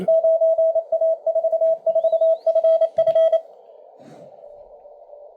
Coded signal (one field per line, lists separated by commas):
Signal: Morse code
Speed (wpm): 28 wpm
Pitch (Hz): 650 Hz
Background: none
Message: 9A44FF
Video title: Various and including 9A4FF CW decode and II0LOVE